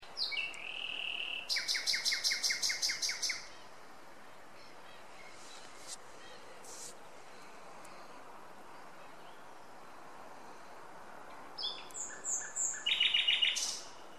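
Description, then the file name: Common nightingale song: a rapid run of repeated high buzzy notes, a long pause, then a varied phrase of whistles and fast trilled notes near the end. "Luscinia megarhynchos"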